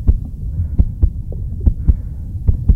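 Heartbeat under stress: the heartbeat of an adult bus driver after being verbally abused, insulted and threatened, from a WorkSafe Victoria message that aggression and violence against workers cause harm.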